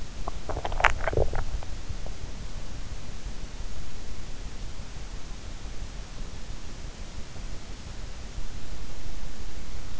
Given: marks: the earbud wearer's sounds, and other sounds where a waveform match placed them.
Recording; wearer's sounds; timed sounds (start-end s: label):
sounds in sleep by an in-ear microphone; swallowing
0.00-1.93 s: swallowing